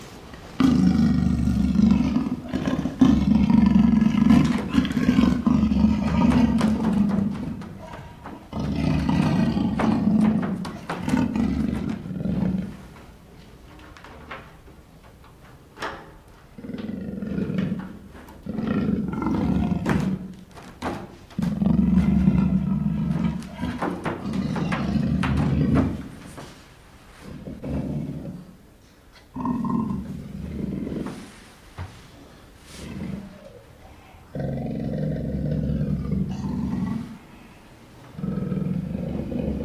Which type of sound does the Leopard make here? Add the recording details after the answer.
growling. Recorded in captivity. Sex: female. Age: adult. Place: Tierpark Görlitz, Sachsen, DE. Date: 1988-02-24. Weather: overcast, ca. 0°C. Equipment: Nagra SN. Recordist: Tembrock, Günter